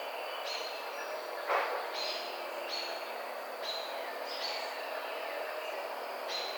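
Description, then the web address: Red-bellied woodpecker giving short calls repeated at irregular intervals, over a steady background hiss and one sharp click. Recorded 7 June 2009. "Red-bellied Woodpecker 2009 06 07"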